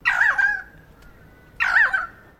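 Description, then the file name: Currawong giving two loud, harsh calls with a ringing, slurred quality, each trailing into a drawn-out thin tone. "BIRD CURRAWONG CALL"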